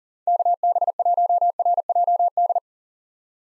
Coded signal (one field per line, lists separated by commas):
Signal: Morse code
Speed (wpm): 37 wpm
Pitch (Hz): 700 Hz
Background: none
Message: KB1RJD